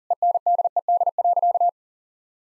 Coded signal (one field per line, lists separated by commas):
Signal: Morse code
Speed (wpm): 40 wpm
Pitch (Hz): 700 Hz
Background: none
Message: ENDED.